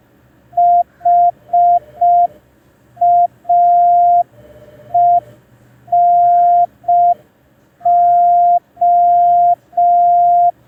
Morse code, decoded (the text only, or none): HAENO